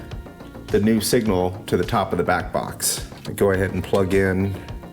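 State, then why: Not seated. An Ethernet cable plug is being handled for insertion into a new Y adapter inside a Jersey Jack Pinball Guns and Roses pinball machine. Someone talks throughout, and a brief faint tap is heard at 0.1 s. Nothing has seated or clicked yet.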